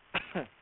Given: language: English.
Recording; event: throat vibration sensor signal played as sound; cough